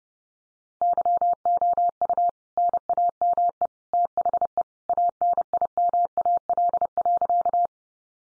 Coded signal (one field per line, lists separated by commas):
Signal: Morse code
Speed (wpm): 30 wpm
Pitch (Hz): 700 Hz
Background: none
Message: YOU NAME THE ANIMAL.